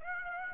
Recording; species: mosquito wingbeat signal from an infrared sensor; Aedes aegypti